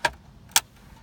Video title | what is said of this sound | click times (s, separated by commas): 2005-2009 MK5 Volkswagen Dash Shelve and Red Cherry Hazard Switch Install | so our two fingers pushing the tabs in you'll hear them click a little bit maybe | 0.1 s, 0.6 s